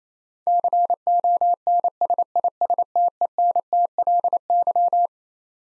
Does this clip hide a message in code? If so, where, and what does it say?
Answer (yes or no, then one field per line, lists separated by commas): yes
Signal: Morse code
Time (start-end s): 0.5-5.1 s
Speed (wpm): 27 wpm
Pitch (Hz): 700 Hz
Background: none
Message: CONSISTENTLY